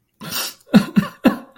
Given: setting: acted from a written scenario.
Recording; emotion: vocal sound without words; sadness